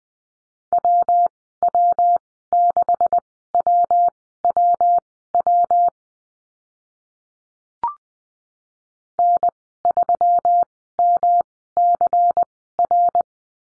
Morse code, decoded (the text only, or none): WW6WWW N3MCR